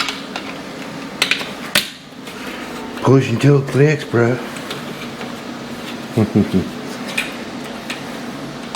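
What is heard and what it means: A vent duct fitting is handled and pushed toward its mating piece, with sharp handling knocks at about 0.4, 1.2, 1.3, 1.8, 7.2, 7.9 and 8.8 seconds over a steady background hum. Someone talks in the middle of the clip. The part has not seated or clicked home yet by the end.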